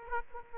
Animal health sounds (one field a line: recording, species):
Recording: mosquito wingbeat signal from an infrared sensor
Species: Aedes aegypti